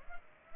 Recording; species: mosquito wingbeat signal from an infrared sensor; Culex pipiens